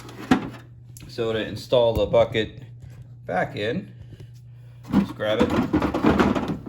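Someone talks while handling the plastic water collection bucket of a Toshiba TDDP5013ES2 dehumidifier, getting ready to slide it back into its bay in the dehumidifier body. A steady low hum runs throughout, with brief handling knocks around 0.3 s and 6.2 s. The bucket has not seated or clicked into place yet.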